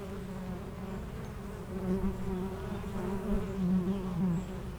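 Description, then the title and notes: Honey bees droning continuously, one bee's buzz growing louder and wavering in pitch in the second half, with faint high bird notes. Between two hives of an apiary garden in Aix-les-Bains, France; bees foraging, making constant trips to flowers; some birds in the neighbouring wood. "41 Chem. de Memard, 73100 Aix-les-Bains, France - Les abeilles. Entre deux ruches du rucher du jardin vagabond à Aix-les-bains les abeilles sont en pleine collecte et font d'incessants aller retour vers les fleurs, quelques oiseaux dans le bois voisin"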